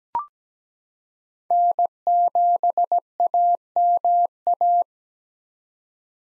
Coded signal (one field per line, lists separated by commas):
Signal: Morse code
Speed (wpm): 17 wpm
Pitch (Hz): 700 Hz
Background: none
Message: N7AMA